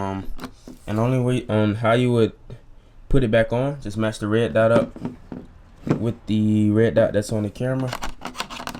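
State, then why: Not seated. An interchangeable lens is handled at the bayonet mount of a Canon Rebel T6 DSLR camera body while someone talks, with its red dot being lined up with the red dot on the camera. A few short, faint handling taps are heard near the end, around 8.2 to 8.8 seconds. The lens has not yet been twisted on, and nothing has seated or clicked.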